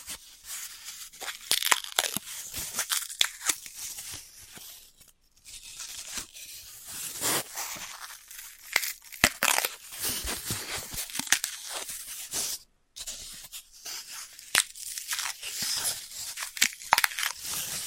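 Floral foam being cut and crushed: dense, bright crackling and squeaky tearing in irregular bursts, with brief silences near five and thirteen seconds.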